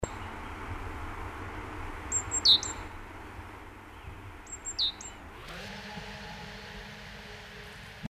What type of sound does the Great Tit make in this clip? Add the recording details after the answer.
alarm call. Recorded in the wild. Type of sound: alarm call. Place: Kaiserslautern, Rheinland-Pfalz, DE. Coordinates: 49.3933, 7.74667. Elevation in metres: 323. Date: 1972-03-09. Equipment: Uher 4000 Report, AKG D 24, Parabolreflektor. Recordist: Tretzel, Erwin. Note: Waldeck auf halber Strecke nach Trippstadt, Kaiserslautern: Warnrufe